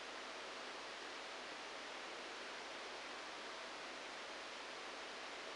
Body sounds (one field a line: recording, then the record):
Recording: brain microelectrode recording played as sound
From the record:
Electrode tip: outside the subthalamic nucleus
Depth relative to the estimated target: -1 mm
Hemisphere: right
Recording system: NeuroSet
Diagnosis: Parkinson's disease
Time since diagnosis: 9 years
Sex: male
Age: 56 years